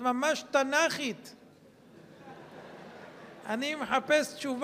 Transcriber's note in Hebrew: צחוק בקהל